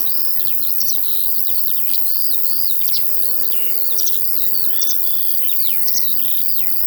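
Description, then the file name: Cricket: a thin, unbroken high trill runs throughout, with bird twittering, sweeping slurred notes and quick chirps over it. In a field, with larks heard alongside the crickets. "Sounds from a Field Larks and Crickets"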